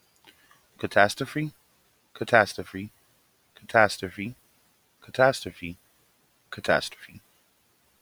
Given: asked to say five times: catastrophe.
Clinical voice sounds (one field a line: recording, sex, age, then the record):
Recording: repeated word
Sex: male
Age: 30 to 39 years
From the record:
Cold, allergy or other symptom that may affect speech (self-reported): no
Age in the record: 32 years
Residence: Florida, United States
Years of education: 16